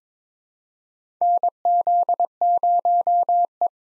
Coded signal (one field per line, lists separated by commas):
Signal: Morse code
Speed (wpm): 22 wpm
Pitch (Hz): 700 Hz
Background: none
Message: NZ0E